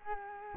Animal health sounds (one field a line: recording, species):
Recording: mosquito wingbeat signal from an infrared sensor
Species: Culex quinquefasciatus